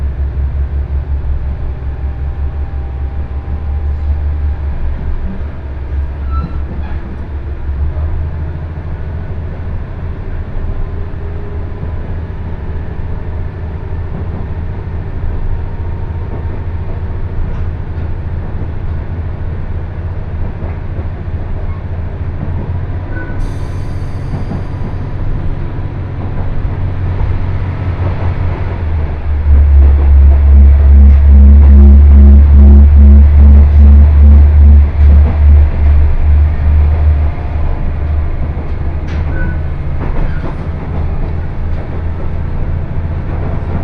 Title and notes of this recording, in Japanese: 鉄道旅 気仙沼線 前谷地→柳津。キハ110系の２両編成が快走していきます